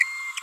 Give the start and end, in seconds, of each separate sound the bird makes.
0.37-0.39